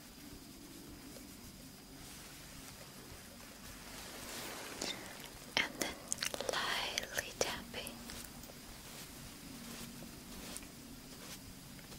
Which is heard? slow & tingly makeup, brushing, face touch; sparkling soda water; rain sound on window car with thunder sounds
slow & tingly makeup, brushing, face touch